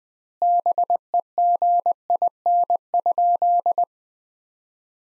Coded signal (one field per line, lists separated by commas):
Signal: Morse code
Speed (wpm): 20 wpm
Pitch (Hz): 700 Hz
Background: none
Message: BEGIN?